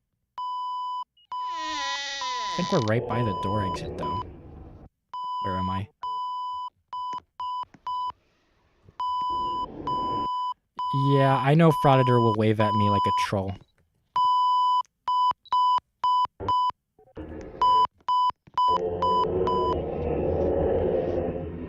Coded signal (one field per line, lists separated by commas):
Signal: Morse code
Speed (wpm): 5 wpm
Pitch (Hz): 1000 Hz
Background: speech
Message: 97065